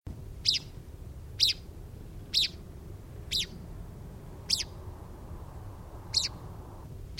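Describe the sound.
Bird calls, a brief high sharp note repeated roughly every second, over low rumbling background noise.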